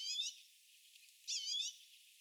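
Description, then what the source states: Common redpoll calls: two short, buzzy, wavering chatters about a second apart, high-pitched, over a faint background hiss. Recorded on 19 February 2022.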